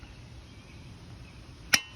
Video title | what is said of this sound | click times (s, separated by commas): How To Replace and Install Hubcap On Rim In Minutes | and then you hear a click. It gets flush. | 1.7 s